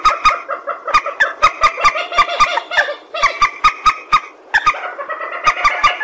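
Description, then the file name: Purple swamphen giving short, clucking nasal notes repeated steadily several times a second, broken by brief gaps, with crisp clicks between them. "tieng trich re keu"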